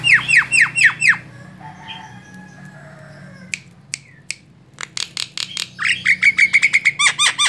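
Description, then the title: Javan myna song: a rapid series of harsh, buzzy, downslurred notes, then a quiet gap with sharp clicks, then another fast run of rasping repeated notes. Very loud, noisy song used as a tutor recording for training other birds. "Jalak Kebo Master Suara Super Berisik Buat Masteran"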